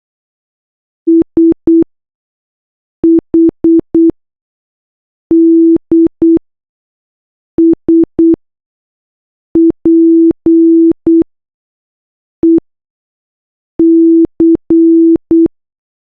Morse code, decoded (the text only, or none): SHD SPEC